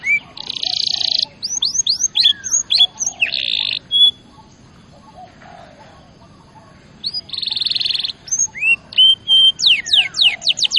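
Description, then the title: Canary song of buzzy rolls and curved whistled sweeps, broken by a quiet gap of about three seconds before resuming; soft low chirps in the background. Champion canary song used as a tutor recording (masteran) for training other birds. "Masteran Kenari Juara"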